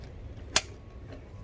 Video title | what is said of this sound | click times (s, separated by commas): Shindaiwa power equipment. 2 new pieces. Let's take a look. | Click, it's locked into place. | 0.6 s